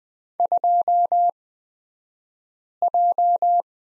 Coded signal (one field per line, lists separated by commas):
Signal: Morse code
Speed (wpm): 20 wpm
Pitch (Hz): 700 Hz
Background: none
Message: 2J